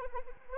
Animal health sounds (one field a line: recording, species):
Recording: mosquito wingbeat signal from an infrared sensor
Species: Anopheles arabiensis